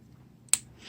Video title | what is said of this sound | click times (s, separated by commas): Chuck's Reviews Masterpiece Theater Sunstreaker | friction in and snap into place right there, holding the backpack in place. | 0.5 s